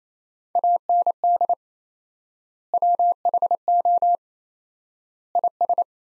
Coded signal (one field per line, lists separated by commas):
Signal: Morse code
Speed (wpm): 28 wpm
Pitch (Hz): 700 Hz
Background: none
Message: AND WHO IS